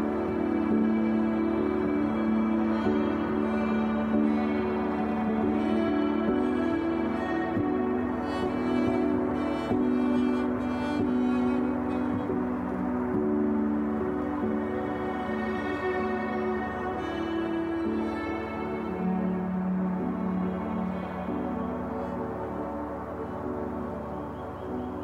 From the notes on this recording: string music set against a back drop of quiet wind and birds